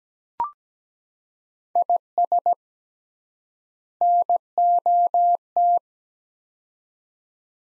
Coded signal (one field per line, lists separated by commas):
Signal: Morse code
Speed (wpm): 17 wpm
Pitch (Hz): 700 Hz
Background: none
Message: IS NOT